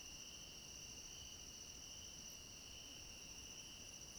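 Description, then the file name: Steady cricket chorus, a high shimmering trill continuing evenly over low background noise. Chorus of crickets at night. "Coro de grilos a noite com cachorro longe"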